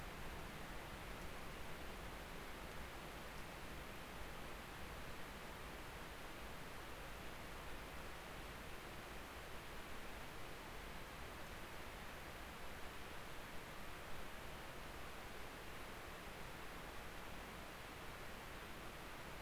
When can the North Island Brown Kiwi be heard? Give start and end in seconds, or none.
none